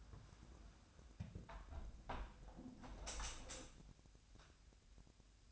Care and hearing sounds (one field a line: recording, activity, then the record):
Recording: daily activity, microphone in the room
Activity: close window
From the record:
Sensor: 2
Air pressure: 1006.4 hPa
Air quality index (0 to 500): 199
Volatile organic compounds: 14 ppm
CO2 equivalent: 2430 ppm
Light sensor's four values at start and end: 9/21/9/9 and 8/21/8/9